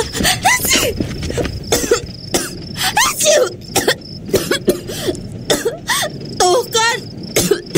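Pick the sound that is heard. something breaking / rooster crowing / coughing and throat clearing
coughing and throat clearing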